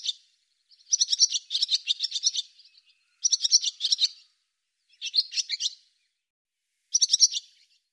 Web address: cianscape birddata Deverinetal 2025 Bird Hi Ru